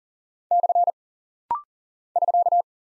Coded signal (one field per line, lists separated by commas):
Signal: Morse code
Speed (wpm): 40 wpm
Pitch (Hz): 700 Hz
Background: none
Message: / <SK>